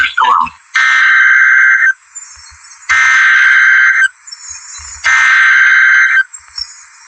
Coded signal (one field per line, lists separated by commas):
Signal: Emergency Alert System (SAME) tones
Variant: header bursts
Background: speech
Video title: EAS Completion #26 EAS Alerts From June 9 2026 EAS 737-754